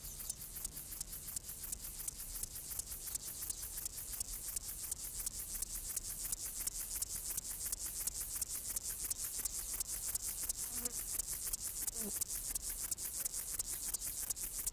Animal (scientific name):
Chorthippus apricarius